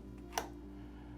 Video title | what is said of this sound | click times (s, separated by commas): MATHEWS IMAGE - LOW POUNDAGE Bow Build with Flagship Technology | So it just locks in place and he still has access to dial his sight if he needs to. | 0.4 s